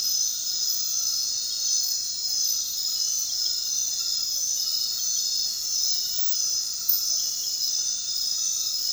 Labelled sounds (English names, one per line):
none